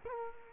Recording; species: mosquito wingbeat signal from an infrared sensor; Culex quinquefasciatus